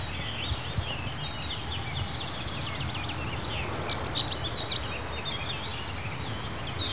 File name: Passera Scopaiola